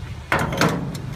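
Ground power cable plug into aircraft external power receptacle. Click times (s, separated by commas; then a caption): 0.3 s. The air start unit's ground power cable plug is pushed into the aircraft's external power receptacle and locks in place with a sharp click at 0.3 s. Two fainter knocks follow at about 0.6 s and 0.9 s over a steady low rumble, and the plug is seated.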